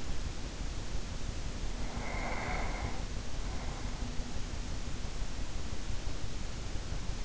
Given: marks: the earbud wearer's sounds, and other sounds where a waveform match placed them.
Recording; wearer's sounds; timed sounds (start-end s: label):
sounds in sleep by an in-ear microphone; breath
1.72-4.75 s: breath